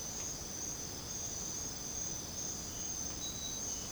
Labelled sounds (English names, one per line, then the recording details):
none
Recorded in secondary vegetation near Puerto Asís, Putumayo, Colombia, on 20 December 2024 at 04:00
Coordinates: 0.489, -76.322
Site G059